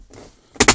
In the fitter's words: well snapped right in okay okay